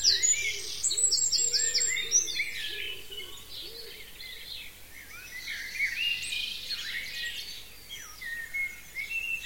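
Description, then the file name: Birdsong opens with a sharp rapid trill, then a crowded chorus of high twitters and whistles continues, with soft low repeated notes early on. "zvuki peniia ptits"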